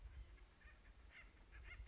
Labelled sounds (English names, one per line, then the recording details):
Acorn Woodpecker
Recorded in Sonoma County, California